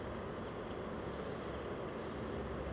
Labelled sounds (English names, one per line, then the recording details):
Great Tit
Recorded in Germany
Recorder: ecoPi